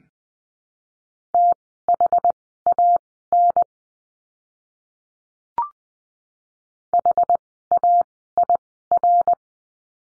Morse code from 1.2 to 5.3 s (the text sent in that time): THAN